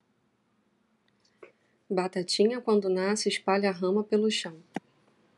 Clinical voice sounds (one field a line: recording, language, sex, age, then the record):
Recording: short text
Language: Brazilian Portuguese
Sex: female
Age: 30 to 39 years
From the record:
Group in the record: control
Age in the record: 37 years